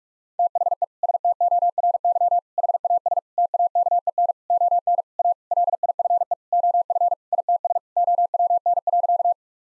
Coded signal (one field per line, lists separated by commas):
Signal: Morse code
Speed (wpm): 46 wpm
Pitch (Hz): 700 Hz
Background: none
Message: THE STORY HAS TAKEN ON A LIFE OF ITS OWN.